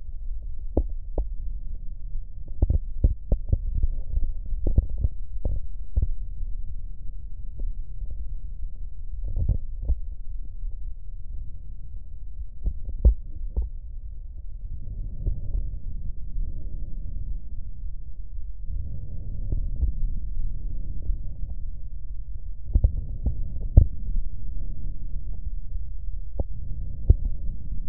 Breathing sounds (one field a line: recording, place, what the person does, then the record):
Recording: lung sounds by stethoscope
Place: right posterior apical chest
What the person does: quiet breathing, then deep breathing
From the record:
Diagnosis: none (healthy)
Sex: male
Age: 30 years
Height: 190 cm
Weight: 88 kg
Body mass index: 24.4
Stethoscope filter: extended mode